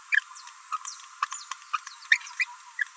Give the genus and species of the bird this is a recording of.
Forpus passerinus